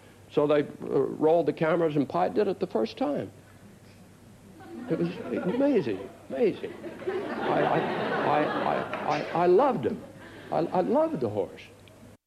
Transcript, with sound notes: So they rolled the cameras, and Pie did it the first time. It was amazing, amazing.
(LAUGHTER)
I loved him. I loved the horse.